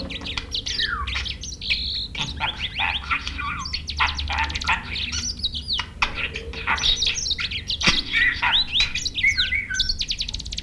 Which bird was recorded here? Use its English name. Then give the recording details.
Budgerigar. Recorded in captivity. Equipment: Halbspur, 9,5 cm/s. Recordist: Lütgens, Hans. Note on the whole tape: Wellensittich 4 mit Mosambikzeisig